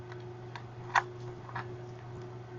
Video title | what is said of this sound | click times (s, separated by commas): Diagnosing a Razor E90. | and you should hear a small click right there. | 1.0 s